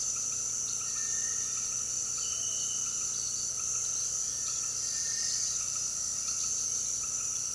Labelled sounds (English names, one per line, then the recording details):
Cinereous Tinamou
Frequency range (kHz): Cinereous Tinamou 1.4-2.1 kHz
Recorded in pastures near Puerto Asís, Putumayo, Colombia, on 18 February 2024 at 18:00
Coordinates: 0.466, -76.323
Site G6384